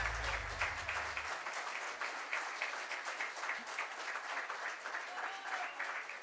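An audience at a live concert applauds steadily for several seconds, a dense, crackling wash of many hands clapping at an even loudness, with a brief low rumble at the start and faint voices mixed in.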